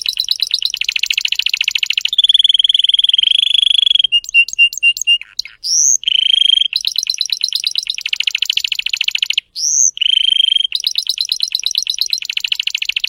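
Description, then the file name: Canary (Spanish Timbrado): canary song: continuous rolling trills in long runs, broken by short clear piping notes and brief rising whistles, then more fast trilling. Song of a Spanish Timbrado canary, called 'canário belga' in the Portuguese source. "canto do canario belga timbrado espanhol"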